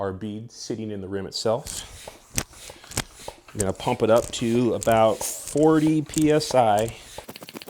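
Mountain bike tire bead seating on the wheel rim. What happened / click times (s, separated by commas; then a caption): Handled, not yet seated: the tire bead has not snapped onto the rim / none. Someone talks while handling a mountain bike tire fitted with a CushCore insert on its wheel rim, ahead of pumping it up to about 40 psi so the rubber beads pop onto the rim shoulders. Short sharp ticks sound at about 2.4, 2.9, 3.0, 7.4 and 7.6 seconds. The clip ends before inflation, and nothing has seated yet.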